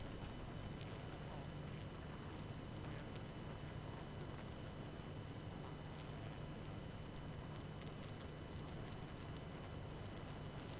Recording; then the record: honeybee colony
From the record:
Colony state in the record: active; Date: 12 June 2018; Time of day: 20:00